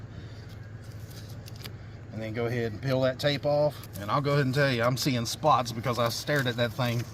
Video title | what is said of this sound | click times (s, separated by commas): LASFIT T3 brightest rear turn signal bulbs 2019-2024 RAV4 | and you turn it to your right and then it just locks in place | 1.5 s, 1.6 s, 1.7 s